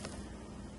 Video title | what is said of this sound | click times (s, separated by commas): How to Shampoo Your Upholstery & Stairs with a Kirby | just until you hear it click and you're good to go | 0.0 s